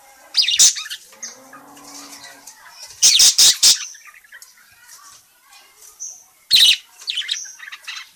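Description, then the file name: Parakeet squawks: a loud harsh burst, then a rapid run of squawks, then softer twitters and another sharp call. Calling; described as gacor, meaning it calls vigorously and often. "suara burung parkit gacor memanggil"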